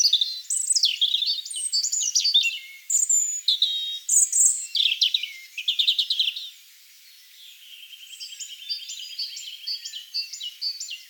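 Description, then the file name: European robin delivering a long, fast, varied warble of high whistles and twitters, then a soft thin trill and fainter scratchy notes. "Erithacus rubecula"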